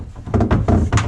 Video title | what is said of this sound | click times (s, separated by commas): Axiom Creeker Upgrade | pushing down until it pops there you go | 1.0 s